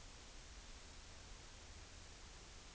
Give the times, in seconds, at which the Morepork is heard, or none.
none